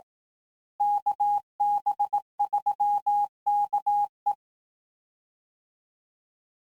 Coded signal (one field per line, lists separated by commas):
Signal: Morse code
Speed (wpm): 18 wpm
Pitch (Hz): 820 Hz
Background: none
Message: KB3KE